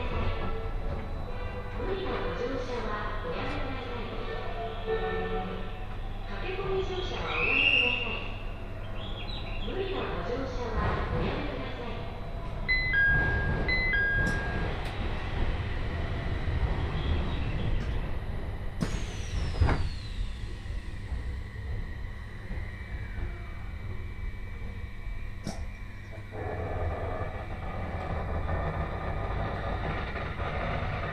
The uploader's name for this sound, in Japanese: 鉄道旅 常磐線 仙台→浜吉田